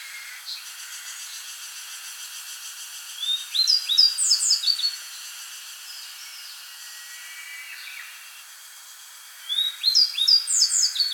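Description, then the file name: Grey bunting song: two short phrases of high, quick, sliding notes, the first from about three seconds and the second near nine and a half seconds, over steady hiss. "Emberiza variabilis"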